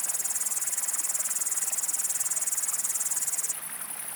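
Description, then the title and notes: Upland green bush-cricket song, a rapid, regular pulsed high buzz that stops abruptly after about three and a half seconds, leaving a softer continuous buzz. Foreground singer, jerky rising crescendo rhythm; with great green bush-crickets; streamside, Le Villard, Val Maravel, Drôme, France, 1200 m; 20 August 2018, 19:00–19:30; windless, stormy cloudy sky, 20–22 °C; Nagra Seven, MKH40. "Le Villard - Val Maravel. Sauterelle cymbalière"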